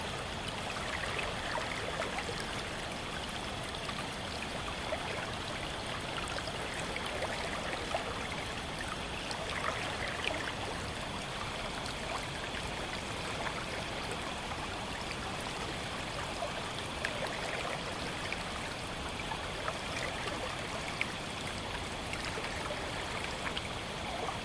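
A stream runs steadily, its rushing wash of water filling the range from low rumble to bright hiss without pause. The flow stays dense and even throughout, with tiny splashes and droplets flickering on the surface now and then.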